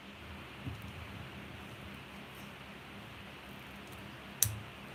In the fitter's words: Ahí, ¿no? Ahí quedó trabado.